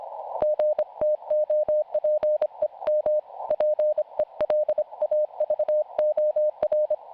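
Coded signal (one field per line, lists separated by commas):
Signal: Morse code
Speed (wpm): 25 wpm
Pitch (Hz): 610 Hz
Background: none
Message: GTO PEM PELAVOR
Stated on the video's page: CW QSO at a calm speed with carefully formed words, received on an SDR.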